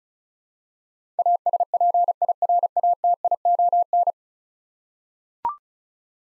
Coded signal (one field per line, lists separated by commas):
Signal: Morse code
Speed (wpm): 34 wpm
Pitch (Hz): 700 Hz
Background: none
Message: ASPIRATION